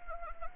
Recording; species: mosquito wingbeat signal from an infrared sensor; Anopheles gambiae